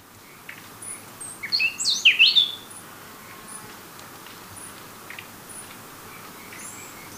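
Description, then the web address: Gray-breasted wood-wren song: a quick burst of clear, varied whistled notes lasting about a second. Temperate zone, Ecuador. "Birds of Ecuador. Gray-breasted Wood-Wren"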